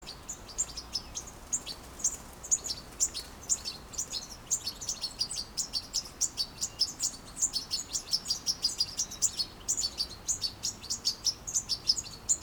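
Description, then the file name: European goldfinch twittering calls, a dense run of high, tinkling chirps repeated steadily throughout with no pause, over a faint low background hiss. "Carduelis carduelis"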